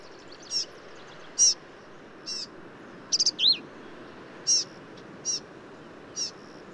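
Black-capped vireo song: sparse high, thin notes about once a second, with one quick burst of rapid, rising and falling phrases midway; faint steady background hiss.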